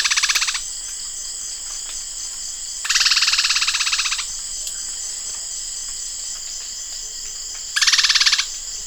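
Bird rattles: three bursts of rapid, harsh, buzzing pulses, separated by pauses of a few seconds, with a constant high hiss between them.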